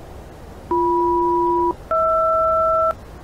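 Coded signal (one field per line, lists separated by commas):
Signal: aircraft SELCAL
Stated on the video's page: SELCAL on simulated VATSIM oceanic traffic during a transatlantic crossing event.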